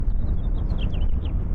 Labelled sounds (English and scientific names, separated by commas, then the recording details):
House Finch (Haemorhous mexicanus) song
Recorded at Neponsit on Long Island, New York, on 4 June 1975
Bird C